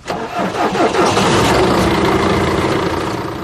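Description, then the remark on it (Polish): An engine cranks briefly and catches, then settles into a steady, loud mid-pitched idle rumble with no one speaking. “Jeśli państwo są gotowi, to można odpalać chyba.”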